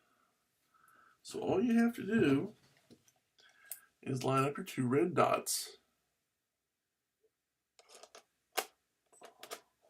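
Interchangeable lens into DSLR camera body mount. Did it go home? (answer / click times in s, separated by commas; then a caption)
yes / 8.6 s. Someone talks while an interchangeable lens is fitted to a Canon EOS 7D DSLR body: the lens's red dot is lined up with the body's red dot, and the lens is turned clockwise on the metal bayonet mount. After a few faint handling ticks, a sharp click at 8.6 s marks the lens bayonet locking, and the lens is seated.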